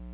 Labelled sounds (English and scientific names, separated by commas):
Palm Warbler (Setophaga palmarum) flight call